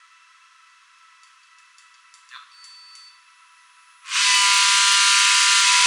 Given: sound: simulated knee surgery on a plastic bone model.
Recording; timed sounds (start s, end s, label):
surgical tools on bone
4.17	5.87	sawing